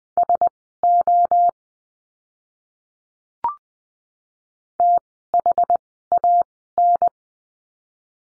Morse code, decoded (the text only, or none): SO THAN